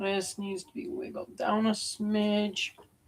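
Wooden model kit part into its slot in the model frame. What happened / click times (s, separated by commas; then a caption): Handled, not yet home: the part is being worked into its slot / none. A laser-cut wooden part of a mechanical steam-train model kit is being wiggled down into its slot in the model frame while someone talks. Nothing has seated or clicked yet.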